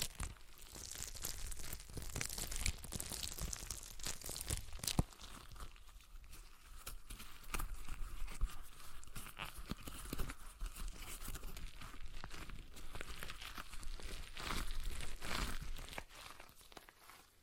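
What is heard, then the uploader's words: A stress ball being squeezed and worked, giving a steady run of soft crinkling, crackling and squishy sounds for the whole stretch. The rustle is dense and bright, broken by frequent quick clicks and sharper pops, including a louder snap near five seconds. ASMR Relaxing Stress Ball Sounds (No Talking).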